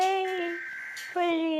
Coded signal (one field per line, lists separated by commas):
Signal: Emergency Alert System (SAME) tones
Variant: header bursts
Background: speech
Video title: RATING EAS ALARMS OF THE COUNTRYS IDK ❓ WHAT ARE THE OTHER NAMES OF FLAGS OK 🆗🆗🆗🆗🆗🆗